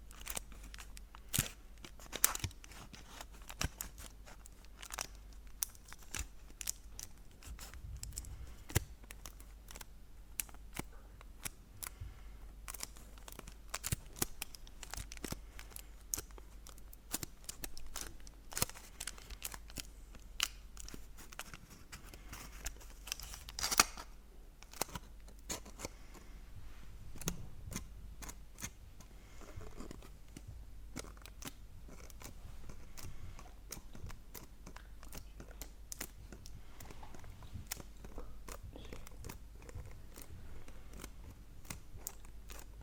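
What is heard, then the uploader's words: Chocolate wrappers are crinkled and handled throughout, giving a dense run of quick, sharp crackles and rustles. The clicks come irregularly, with louder bursts around 2, 8, 24 and 28 seconds. A low steady hum sits underneath the whole time. Crinkle sounds on Kinder Chocolate.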